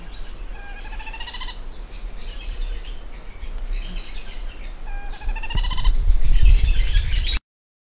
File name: canto do chincoa pequeno